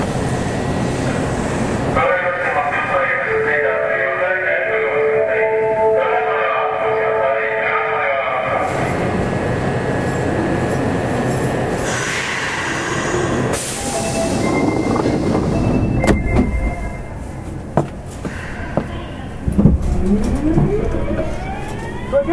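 Inside a subway train as it runs, with a steady low rumble of wheels and motors. Early on, a clear tone sequence and a voice-like chime sound over the noise, then the roar grows busier with clanks, squeals and rising whine near the end.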